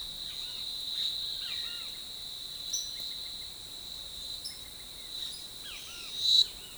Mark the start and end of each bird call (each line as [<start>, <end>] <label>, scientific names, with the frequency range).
[0.20, 1.90] Pitangus sulphuratus (0.9-3.4 kHz)
[2.68, 2.99] Thraupis episcopus (4.9-6.2 kHz)
[4.42, 6.11] Thraupis episcopus (1.0-5.6 kHz)